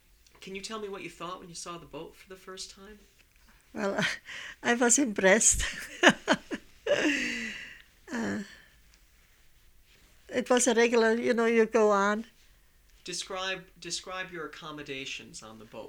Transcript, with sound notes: can you tell me what you thought when you saw the boat for the first time?
Well, I was impressed. ( she laughs ) It was a regular, you know, you go on.
Describe your accommodations on the boat.